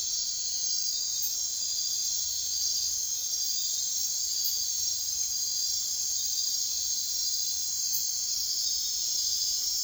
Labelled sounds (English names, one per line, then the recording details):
none
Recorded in secondary vegetation near Puerto Asís, Putumayo, Colombia, on 22 June 2025 at 01:30
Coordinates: 0.498, -76.327
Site GP09